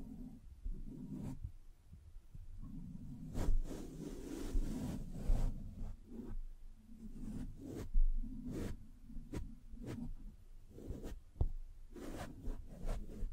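Scratching and tapping sounds come in irregular bursts over a low rumbling bed, with sharp bright taps around four, eight, nine and eleven seconds.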